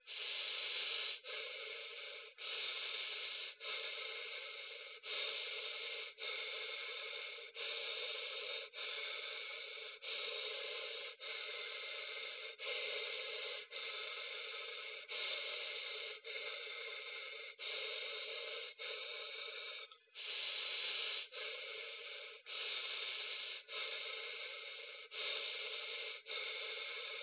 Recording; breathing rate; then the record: paced breathing near a phone; 24 breaths a minute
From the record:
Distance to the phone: 20 cm